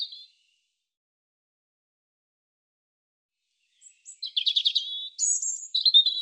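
European robin song: a brief high note, a long pause, then a rapid phrase of trilled notes and sweet high whistles to the end.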